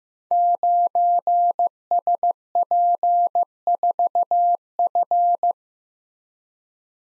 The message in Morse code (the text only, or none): 9SP4F